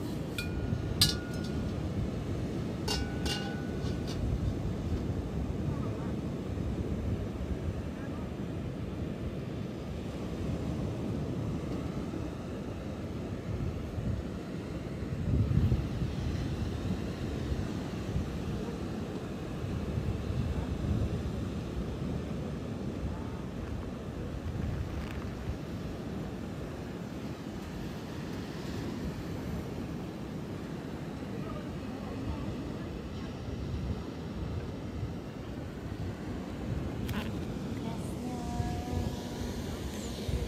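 Live sound healing on a beach, carried by a steady, dense low roar like surf and wind for the whole stretch. A few brief ringing tones sound near the start and again in the last seconds, and a faint swell builds around the middle.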